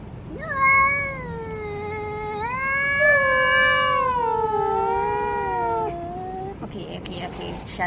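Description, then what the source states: Domestic cat giving one long, drawn-out wailing meow lasting about six seconds, wavering slightly and sinking lower before it fades, followed by faint rustling. Male cat (tomcat).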